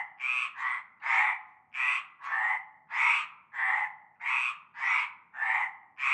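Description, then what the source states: Frogs giving harsh croaks in chorus, calls following each other rapidly and evenly with short pauses between. Chorus of frogs at nightfall in a large concrete basin with stagnant greenish water, Avenue Cante Coucou, Groupède, La Ciotat, Bouches-du-Rhône, France.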